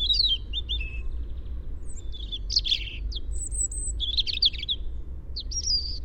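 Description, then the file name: European robin singing tumbling, high sweet phrases mixed with thin drawn-out whistles and chattery trills, nearly continuous, over a low background hum. "Erithacus rubecula"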